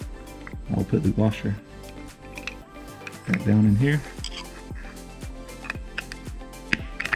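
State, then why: Seated. A washer, spring and detent ball are moved from the old height-of-cut adjustment knob to the new one on a reel mower, and the metal part is pressed down into the adjuster housing. Someone talks over music and small handling clicks, then the part snaps into place with a sharp click at 6.7 seconds, seating the knob assembly.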